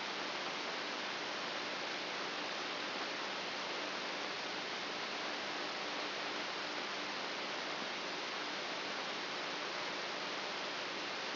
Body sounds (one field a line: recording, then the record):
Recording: brain microelectrode recording played as sound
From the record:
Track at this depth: inside the subthalamic nucleus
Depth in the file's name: 4.64 mm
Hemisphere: right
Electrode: 2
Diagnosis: Parkinson's disease